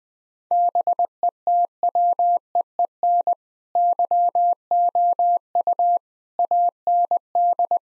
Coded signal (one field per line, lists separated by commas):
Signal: Morse code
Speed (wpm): 20 wpm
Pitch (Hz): 700 Hz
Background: none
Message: BETWEEN YOU AND